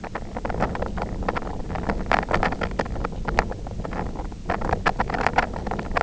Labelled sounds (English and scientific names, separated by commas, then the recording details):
none
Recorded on Arctic tundra, site IGLO-F, on 24 June 2018
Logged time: 20:00